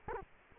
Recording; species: mosquito wingbeat signal from an infrared sensor; Culex quinquefasciatus